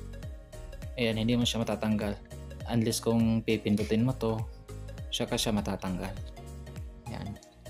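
An attachment is handled on a Gaabor GVCW-M15A stick vacuum body, not yet pushed home, while someone talks over background music. A few faint knocks and handling sounds occur, but nothing has seated or clicked yet.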